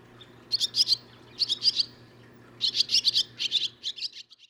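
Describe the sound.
Barn swallow delivering three short twittering phrases, each a tight string of sharp, bright chirps, the last longer and fading at the end.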